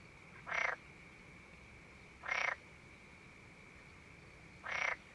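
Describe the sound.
Frog croaks, three short rasping calls about two seconds apart, over a steady high hum and low background noise.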